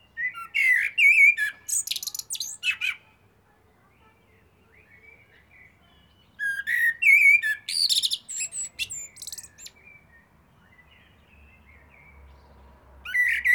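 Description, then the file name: Eurasian blackbird song, two full phrases of rich low fluting whistles, each finished with a thin high squeaky twitter, separated by a quiet pause with faint soft notes. "Turdus merula"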